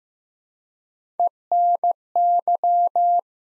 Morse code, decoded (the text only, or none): ENY